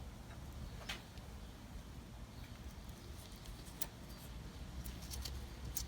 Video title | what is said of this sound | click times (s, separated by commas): 6.0 Litre Ford powerstroke - transmission solenoid upgrade | that did not click | none